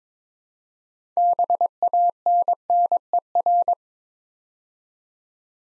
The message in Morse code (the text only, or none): BANNER